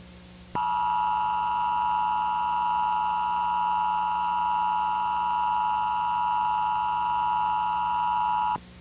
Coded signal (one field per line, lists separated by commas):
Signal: Emergency Alert System (SAME) tones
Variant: 853 and 960 Hz attention tone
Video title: EAS - Arkansas Amber Alert [9/23/21]